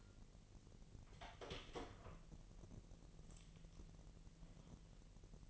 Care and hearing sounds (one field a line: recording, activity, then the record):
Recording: daily activity, microphone in the room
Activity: open door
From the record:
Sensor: 4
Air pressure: 1002.2 hPa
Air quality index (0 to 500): 250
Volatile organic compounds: 42 ppm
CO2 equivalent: 3178 ppm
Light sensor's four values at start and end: 10/22/9/8 and 9/20/8/7